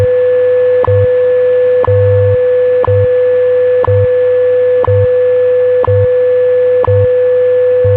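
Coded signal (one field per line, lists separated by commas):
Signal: radio time signal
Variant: WWV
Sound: steady mid tone with a sharp tick each second, 8 ticks, low hum underneath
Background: radio static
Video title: WWV 2500 kHz - Tecsun PL365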